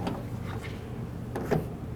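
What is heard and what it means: The button on a new rear door check on the rear door of a 2010–2013 Ford Transit van is pressed to release the latched check. Two short clicks are heard at 1.4 s and 1.5 s over a steady low background. The check releases.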